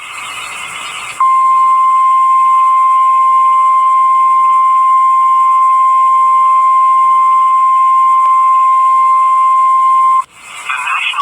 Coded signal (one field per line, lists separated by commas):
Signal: Emergency Alert System (SAME) tones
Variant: 1050 Hz attention tone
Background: speech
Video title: Tornado Watch #571, Rapid City SD EAS #5